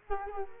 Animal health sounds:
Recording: mosquito wingbeat signal from an infrared sensor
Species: Culex quinquefasciatus

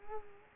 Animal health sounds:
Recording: mosquito wingbeat signal from an infrared sensor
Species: Culex quinquefasciatus

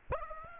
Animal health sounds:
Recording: mosquito wingbeat signal from an infrared sensor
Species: Aedes aegypti

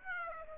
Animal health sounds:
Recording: mosquito wingbeat signal from an infrared sensor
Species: Aedes aegypti

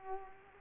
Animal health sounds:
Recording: mosquito wingbeat signal from an infrared sensor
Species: Culex quinquefasciatus

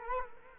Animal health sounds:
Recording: mosquito wingbeat signal from an infrared sensor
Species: Culex quinquefasciatus

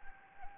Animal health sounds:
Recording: mosquito wingbeat signal from an infrared sensor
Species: Anopheles gambiae

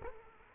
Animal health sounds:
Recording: mosquito wingbeat signal from an infrared sensor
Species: Culex quinquefasciatus

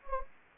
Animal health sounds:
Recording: mosquito wingbeat signal from an infrared sensor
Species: Anopheles gambiae

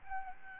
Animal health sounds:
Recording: mosquito wingbeat signal from an infrared sensor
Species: Aedes albopictus

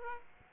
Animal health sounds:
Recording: mosquito wingbeat signal from an infrared sensor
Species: Aedes aegypti

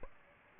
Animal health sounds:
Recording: mosquito wingbeat signal from an infrared sensor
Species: Aedes albopictus

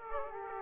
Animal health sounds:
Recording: mosquito wingbeat signal from an infrared sensor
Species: Aedes aegypti

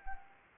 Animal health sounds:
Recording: mosquito wingbeat signal from an infrared sensor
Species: Anopheles arabiensis

